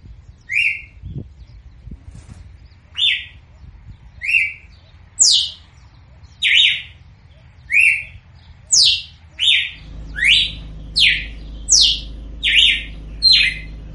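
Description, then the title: Red-cowled cardinal song: short whistled phrases mixing steady and sharply falling notes, repeated at short intervals, with a low hum entering in the later part. Female; singing in nature. "Canto Galo Campina Fêmea. Galo de Campina Cantando na Natureza ( Canto de Pássaros )"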